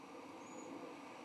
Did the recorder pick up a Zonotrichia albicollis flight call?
no